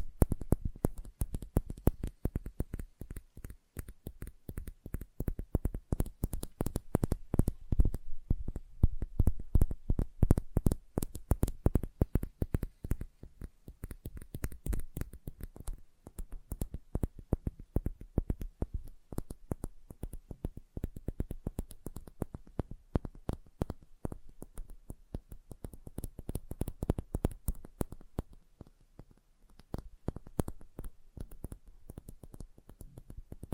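Light, rapid tapping runs throughout, a dense stream of short sharp clicks with quick, uneven rhythm. The taps vary in loudness, with brief thinner patches around the middle and near thirty seconds, and a faint low hum underneath.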